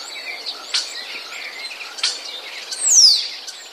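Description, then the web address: Common Starling song, sharp clicks and chatter ending in a clear whistled note sliding steeply downward. "wroblowe ptaki sturnus vulgaris. wroblowe ptaki szpak"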